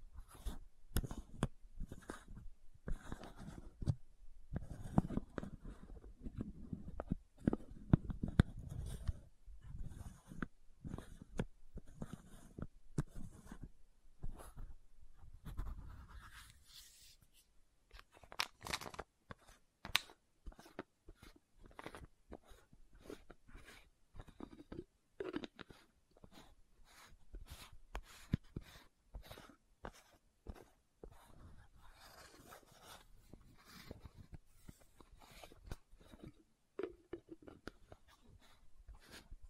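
Lid sounds and bottle tapping with scratching: dense, irregular clicks and taps run throughout, several per second, bright and sharp. Between about 4 and 16 seconds a lower rubbing scrape sits under the taps, then the taps continue lighter and sparser to the end.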